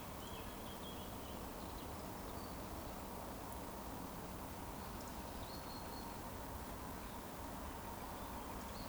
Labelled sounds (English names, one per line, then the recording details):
Eurasian Woodcock whistle
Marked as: whistle, whistle, whistle
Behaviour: display flight
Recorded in Baden-Württemberg, Germany, on 12 June 2020 at 19:48 UTC
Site 14569, 102 m above sea level